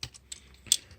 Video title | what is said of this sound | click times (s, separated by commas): Chuck's Reviews Transformers Cyberverse Ultra Class Energon Armor Clobber Bumblebee and Hot Rod | that the armor will lock into place and | 0.7 s